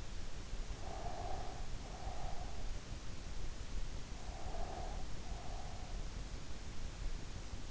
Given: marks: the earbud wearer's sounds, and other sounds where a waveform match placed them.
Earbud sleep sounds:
sounds in sleep by an in-ear microphone; breath
0.87-2.54 s: breath
4.31-5.93 s: breath

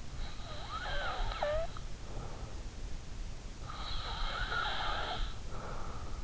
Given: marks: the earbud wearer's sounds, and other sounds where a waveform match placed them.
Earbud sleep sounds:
sounds in sleep by an in-ear microphone; breath
0.00-2.40 s: breath
3.14-5.72 s: breath

